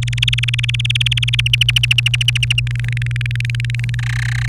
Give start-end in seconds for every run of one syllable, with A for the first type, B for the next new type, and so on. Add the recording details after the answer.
0.02-1.41 A, 1.46-2.60 B, 2.67-3.95 C, 3.99-4.48 D. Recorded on 28 April 2018 at 17:50. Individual llb3